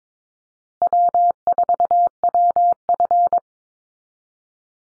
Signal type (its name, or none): Morse code